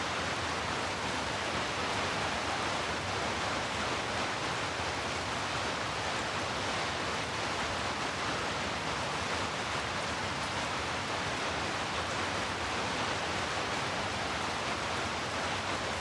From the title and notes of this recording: Heavy Rain. Rainy night noises, rainy sounds, white noise.